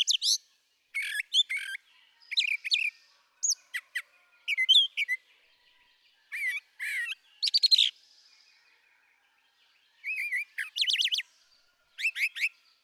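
Brown thrasher song of varied, high phrases, some repeated twice, mixing rattling buzzes, quick slurs and sharp notes, broken by short silences; nothing else audible.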